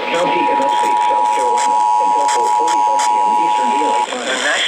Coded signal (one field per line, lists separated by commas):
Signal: Emergency Alert System (SAME) tones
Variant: 853 and 960 Hz attention tone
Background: speech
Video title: WHO ELSE BUT GSP... EAS Alerts from 6/14/21 (EAS #5,814 - 5,823)